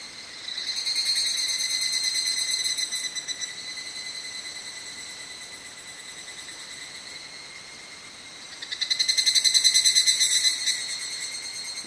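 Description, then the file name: Evening cicada call: a shrill, pulsing metallic trill that swells, eases off through the middle, then surges loudly again near the end. "higurashi"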